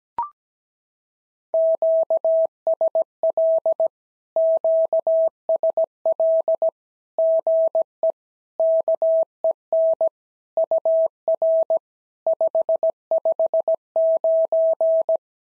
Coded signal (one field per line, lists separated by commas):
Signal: Morse code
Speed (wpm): 17 wpm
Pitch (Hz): 650 Hz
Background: none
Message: QSL QSL GE KEN UR 559